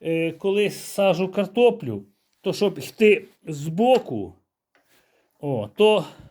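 Someone talks while the steel handlebar of a walk-behind tractor is being swung to the side toward its swivel lock, with only a faint brief tick during a pause near 4.8 s. The clip ends before the metal lock drops into place, so nothing has seated or clicked yet.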